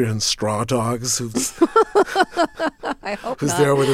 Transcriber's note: soundbite of laughter